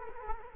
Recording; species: mosquito wingbeat signal from an infrared sensor; Culex quinquefasciatus